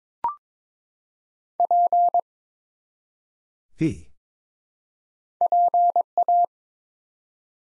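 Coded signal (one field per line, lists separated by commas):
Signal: Morse code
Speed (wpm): 22 wpm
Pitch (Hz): 700 Hz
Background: none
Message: P PA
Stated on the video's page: Morse practice at 22 wpm building 3- to 5-letter words one letter at a time, for instant character recognition.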